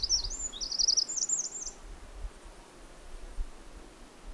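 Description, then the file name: Eurasian wren giving a high, rapid, twittering phrase of trilled and sliding notes lasting under two seconds, then quiet with faint low rumble. "Troglodytes troglodytes"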